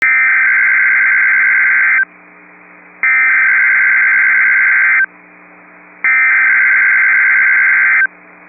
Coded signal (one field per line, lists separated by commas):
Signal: Emergency Alert System (SAME) tones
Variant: header bursts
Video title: Tornado Watch #661 (8/28/24) [EAS #20]